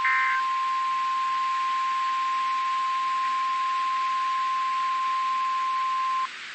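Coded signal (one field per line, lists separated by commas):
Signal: Emergency Alert System (SAME) tones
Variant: 1050 Hz attention tone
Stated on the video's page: Weather alerts issued by the NWS office in Gray, Maine, captured as EAS broadcasts.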